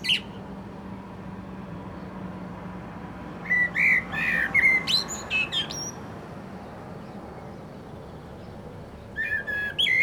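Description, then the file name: Common blackbird singing a fluted, warbled phrase ending in high scratchy twitters, then a pause before another phrase begins; steady low background hum throughout. "Turdus merula"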